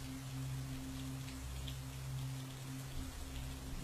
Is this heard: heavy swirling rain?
yes